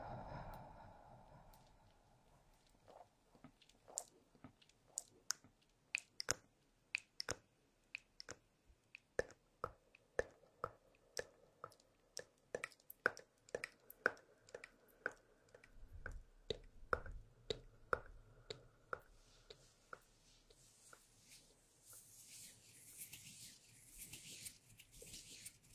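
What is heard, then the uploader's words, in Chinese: Hands rub together, starting with soft low friction. From about five seconds a dense run of sharp, irregular clicks and crackles dominates, then after roughly twenty seconds a bright, steady hissing rub takes over. 搓手手。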